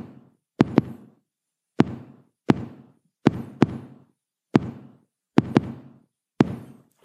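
Knocks or drumbeats at irregular intervals imitating atrial fibrillation: a disordered, totally irregular rhythm, with some beats closely paired and others separated by long pauses.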